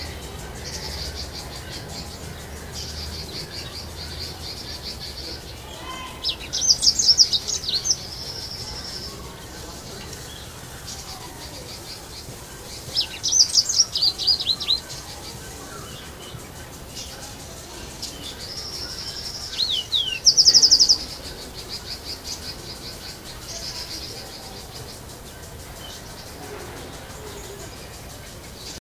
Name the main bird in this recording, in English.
Yellow-fronted Canary